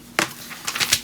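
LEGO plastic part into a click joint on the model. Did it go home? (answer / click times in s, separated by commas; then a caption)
yes / 0.2 s. A LEGO plastic part from the 2024 LEGO Creator Wild Safari Animals 31150 set is pressed onto a click joint on the model. A sharp, loud click at 0.2 s shows the joint seating. It is followed by softer clicking and rustling around 0.7 to 0.9 s.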